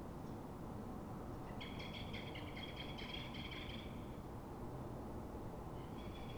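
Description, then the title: Common blackbird giving a long, rattling alarm chatter of quick repeated notes lasting over two seconds, then a shorter burst, with steady low rumble beneath. Alarm given when frightened or threatened, probably by another blackbird; at dawn in Fuenlabrada, Madrid, Spain, twenty minutes after earlier calls; Zoom H1n recorder. "Pl. de Francisco Escolar, 10, 28944 Fuenlabrada, Madrid, España - Mirlo asustado"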